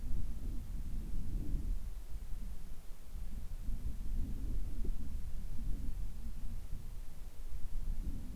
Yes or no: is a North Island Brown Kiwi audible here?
no